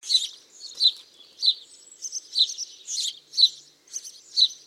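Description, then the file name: House sparrow calling with a series of sharp chirps, some doubled, no other clear sounds. "Passer domesticus"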